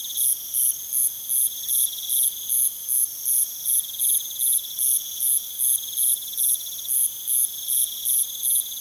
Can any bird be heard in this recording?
no